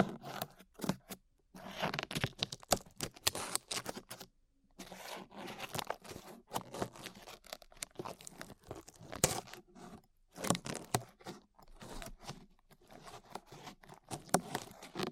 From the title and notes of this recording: ASMR Peeling Glue Off Your Ears (No Talking).